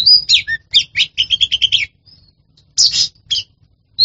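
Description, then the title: Oriental magpie-robin singing a fast trill of repeated notes, a short silence, then a few harsh bursts and a rising whistle. Champion songbird. "Kicau Burung Kacer Juara"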